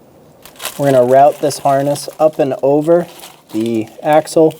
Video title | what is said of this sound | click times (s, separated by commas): How to Replace Front Axle Shift Actuator with Wire Harness 1988-1999 GMC K1500 | into the actuator push until you hear that click | 0.7 s